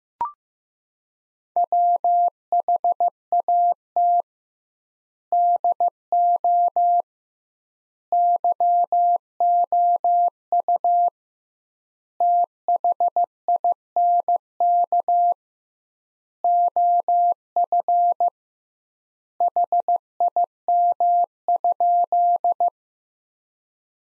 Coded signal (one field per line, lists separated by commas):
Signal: Morse code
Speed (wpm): 15 wpm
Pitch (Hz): 700 Hz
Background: none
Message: WHAT DO YOU THINK OF HIM?